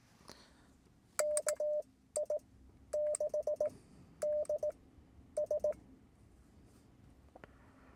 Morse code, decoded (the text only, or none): KI6DS